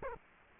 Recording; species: mosquito wingbeat signal from an infrared sensor; Culex quinquefasciatus